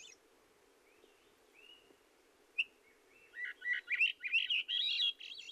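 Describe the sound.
Swainson's thrush song: soft opening whistles, a sharp click, then a run of rising, fluty spiralling phrases, with faint background hiss.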